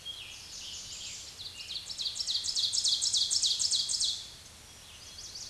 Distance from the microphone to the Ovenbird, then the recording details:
about 15 m. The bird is about 5 m above the microphone. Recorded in a Pennsylvania forest on 16 May 2024 at 06:32. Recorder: AudioMoth, point MSD-2376. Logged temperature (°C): 16.7 °C. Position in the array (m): 135 m, 5 m